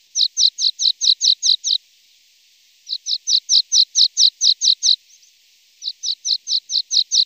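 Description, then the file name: Lark song: bursts of crisp, evenly spaced high chirps, separated by silences of about a second. Masteran tutor song used to train songbirds. "masteran untuk lark"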